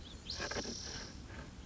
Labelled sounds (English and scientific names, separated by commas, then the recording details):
Spotted Towhee (Pipilo maculatus)
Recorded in Sonoma County, California